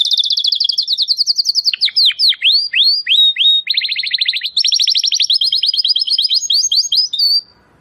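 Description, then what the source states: Domestic canary singing continuous high trills, a run of downward-swooping whistled notes, then quick rolling phrases before falling silent near the end. Belgian canary singing; labelled 'Campainha'.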